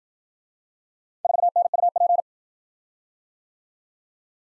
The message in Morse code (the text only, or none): 4NUP